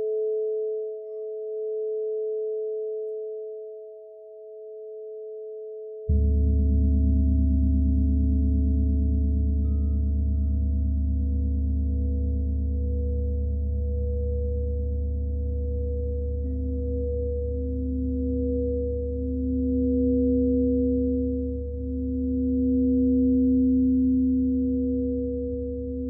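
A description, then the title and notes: Singing bowls ring in two steady, pure tones, joined after six seconds by a deep, rumbling drone with a slow, wavering pulse. Soundscape singing bowls.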